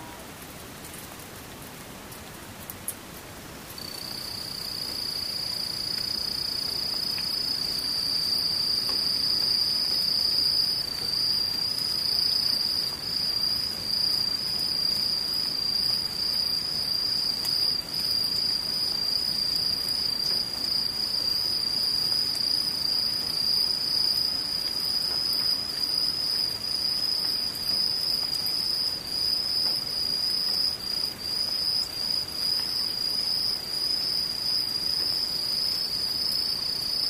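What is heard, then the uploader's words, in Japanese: Insects and rain: a thin, steady high trill from crickets sets in about four seconds in and holds unbroken to the end, with a fainter higher tone above it. Underneath runs a constant soft hiss like falling rain, even and dense throughout. 無音ムシ雨。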